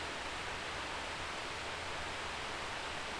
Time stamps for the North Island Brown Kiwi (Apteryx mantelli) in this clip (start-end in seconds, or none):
none